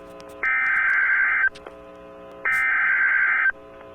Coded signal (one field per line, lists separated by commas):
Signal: Emergency Alert System (SAME) tones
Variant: header bursts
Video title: EAS Alert #191: PDS Tornado Warning for Cole, OK (Apr 19, 2023)